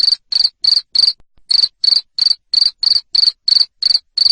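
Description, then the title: Cricket chirp series, strident high pulses repeated rapidly, with a single short gap before the rhythm continues. Loud cricket chirping, played to stimulate lovebirds to sing continuously. "Suara JANGKRIK NGERIK Keras Bikin LOVEBIRD Jadi NGEKEK Terus Vubey"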